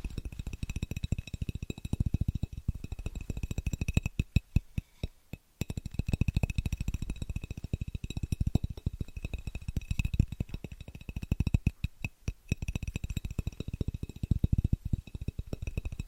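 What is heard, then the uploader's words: Fast, rhythmic tapping runs almost without pause, dense rapid strikes with a low, thumpy body and a faint bright edge. It briefly thins around the four-to-six-second mark and again near twelve seconds, then resumes at the same quick pace. ASMR Pure Fast & Rhythmic Tapping (No Talking).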